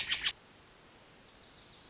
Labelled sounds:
Wilson's Warbler (Cardellina pusilla)
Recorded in Sonoma County, California

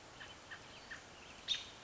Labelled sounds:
American Robin (Turdus migratorius)
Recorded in Sonoma County, California

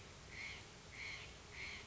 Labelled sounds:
White-breasted Nuthatch (Sitta carolinensis)
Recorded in Sonoma County, California

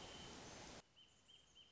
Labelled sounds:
Wrentit (Chamaea fasciata)
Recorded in Sonoma County, California

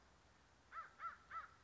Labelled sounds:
American Crow (Corvus brachyrhynchos)
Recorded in Sonoma County, California

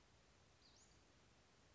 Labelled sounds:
Western Flycatcher (Empidonax difficilis)
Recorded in Sonoma County, California

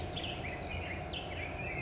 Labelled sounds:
California Towhee (Melozone crissalis)
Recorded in Sonoma County, California

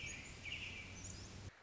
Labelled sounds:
American Robin (Turdus migratorius)
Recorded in Sonoma County, California

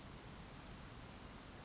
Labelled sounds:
Western Flycatcher (Empidonax difficilis)
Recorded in Sonoma County, California

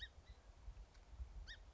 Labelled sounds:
Song Sparrow (Melospiza melodia)
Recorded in Sonoma County, California

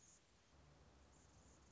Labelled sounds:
Anna's Hummingbird (Calypte anna)
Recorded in Sonoma County, California

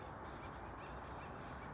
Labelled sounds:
California Towhee (Melozone crissalis)
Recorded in Sonoma County, California

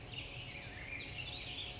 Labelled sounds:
Chestnut-backed Chickadee (Poecile rufescens)
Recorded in Sonoma County, California

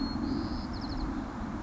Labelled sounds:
White-crowned Sparrow (Zonotrichia leucophrys)
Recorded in Sonoma County, California

